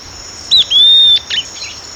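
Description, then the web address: Southern beardless tyrannulet giving a short note, then a long, level, high whistle, then a brief final note, against constant high hiss. Recorded in Ecuador. "Birds of Ecuador 2. Southern Beardless Tyrannulet"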